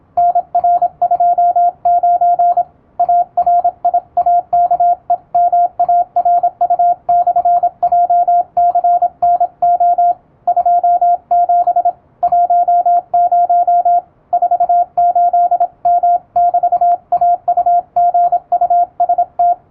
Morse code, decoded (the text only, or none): NR29 ARIAKEMARU/JCNO 27 10 48M<BT>AUGUST